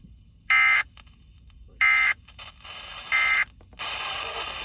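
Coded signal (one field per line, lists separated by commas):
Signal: Emergency Alert System (SAME) tones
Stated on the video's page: Real EAS tornado drills recorded in Central Virginia.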